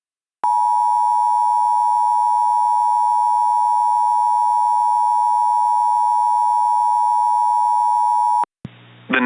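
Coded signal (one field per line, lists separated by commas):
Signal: Emergency Alert System (SAME) tones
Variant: 853 and 960 Hz attention tone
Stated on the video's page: Reenactment mock of a tornado warning using valid EAS tones; a recreation, not a live alert.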